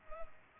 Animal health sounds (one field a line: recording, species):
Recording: mosquito wingbeat signal from an infrared sensor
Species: Culex pipiens